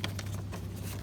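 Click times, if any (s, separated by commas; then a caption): none. A plastic driver-side lower dash trim panel on a 1999–2005 Toyota Camry is hooked in and handled against its dashboard clip slots while being refitted during a shift cable replacement. A brief sharp tap at 0.0 s gives way to light handling patter over a steady low hum. Nothing has seated or clicked yet.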